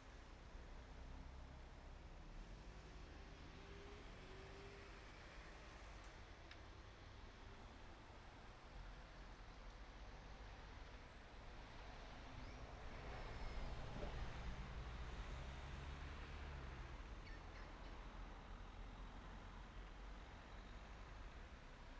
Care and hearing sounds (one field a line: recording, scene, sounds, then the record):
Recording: everyday scene through a hearing-aid microphone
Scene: in traffic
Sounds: traffic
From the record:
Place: main road on the outskirts, rush hour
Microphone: behind the ear, right, rear